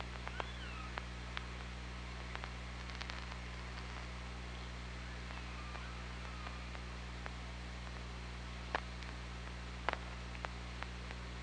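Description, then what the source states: Killer whale whistles underwater, a faint tone early on and softer contours later, with scattered sharp clicks and a steady low hum. Recorded on an OrcaLab hydrophone, 24 August 2017 at 07:23:45.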